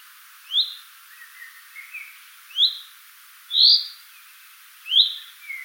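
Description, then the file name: Common chaffinch calls, short sharp rising notes repeated every one to two seconds, with faint softer chirps between them. "Fringilla coelebs"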